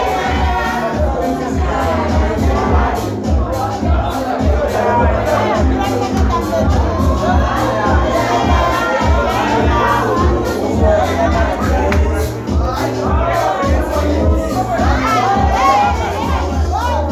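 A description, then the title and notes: Many voices overlap in a steady babble of talk at a local sports bar, with no single speaker standing out for long. A low, thudding beat pulses underneath throughout, and the overall level stays even across the whole stretch. In this episode I head out to a local sports bar, as one does during the blackouts.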